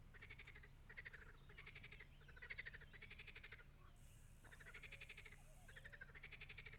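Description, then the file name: Frogs calling in a chorus of rapid pulsed croaks, bouts overlapping with brief pauses, a burst of high hiss midway and a constant low hum behind. "Froesche"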